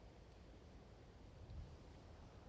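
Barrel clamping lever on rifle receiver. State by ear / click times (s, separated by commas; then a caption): not seated / none. The barrel clamping lever on a Bushmaster ACR rifle receiver is tightened as far as it will go, but none of the expected spring-loaded detent clicks are heard. Only a steady low rumble and broadband hiss play throughout, with a slight low swell around 1.5 to 1.6 s. Nothing has clicked into place yet.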